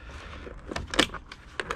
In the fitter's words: oh yeah this is a satisfying click i've done something